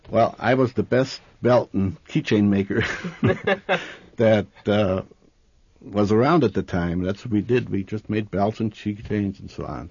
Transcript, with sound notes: Well, I was the best belt and key chain maker (they laugh) that was around at the time. That's what we did, we just made belts and key chains and so on.